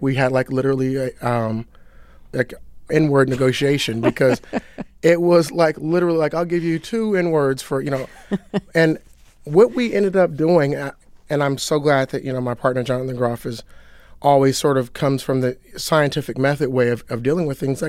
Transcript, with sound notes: Like, we had, like, literally - I call it a N-word negotiation, because it was, like, literally - I'll give you two N-words for, you know... (Laughter) And what we ended up doing - and I'm so glad that, you know, my partner Jonathan Groff is - always sort of comes from the scientific method way of dealing with things.